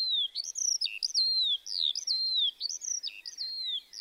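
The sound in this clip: Eurasian skylark song: high, clear slurred whistles in a phrase repeated about every second.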